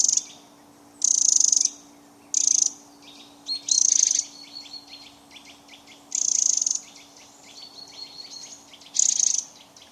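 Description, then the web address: Eurasian wren calls: short, loud, buzzy rattles repeated at uneven intervals, with softer ticking notes filling the gaps. "SETE Troglodytes troglodytes"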